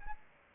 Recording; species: mosquito wingbeat signal from an infrared sensor; Aedes albopictus